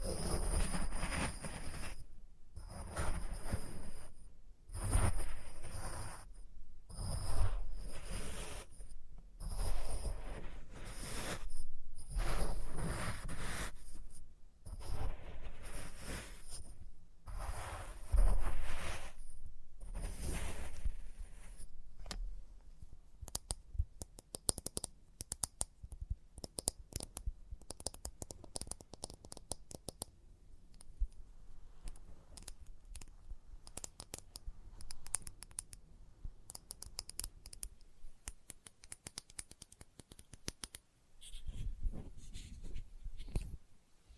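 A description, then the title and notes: Experimental tapping and handling sounds made with test tubes. For the first twenty seconds, bright bursts come at a steady pace, about one per second. After that, the sound turns to quieter, denser, rapid clicking and fine crackling that runs to the end. ASMR Experimental Triggers in Test Tubes (No Talking).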